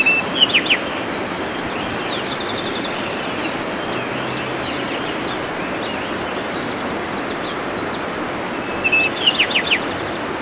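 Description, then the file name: Bird calls: a flat whistle and a cluster of sharp high chirps at the start, a long stretch of hiss, then the same whistle and chirps near the end. "SABIOD 50 bird 2015"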